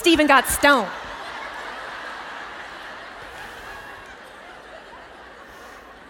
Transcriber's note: laughter